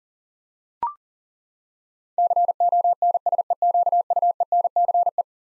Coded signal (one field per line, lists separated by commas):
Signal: Morse code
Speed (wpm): 38 wpm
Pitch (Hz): 700 Hz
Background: none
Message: CONSEQUENCE